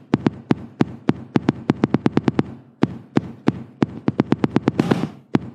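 Tapped imitation of an adult heartbeat in atrial fibrillation with rapid ventricular response: fast, irregular beats. When the AV node has a problem, atrial fibrillation turns into a tachyarrhythmia; the ventricles become much too fast, causing a haemodynamic problem in which blood can no longer flow well through the body.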